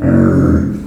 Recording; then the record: squeal of a Yucatan mini pig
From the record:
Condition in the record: after surgery on the right vocal fold (resection and tissue-engineered implant); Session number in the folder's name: 7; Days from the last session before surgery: 47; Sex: female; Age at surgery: 19 weeks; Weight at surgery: 25 kg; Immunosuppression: prednisolone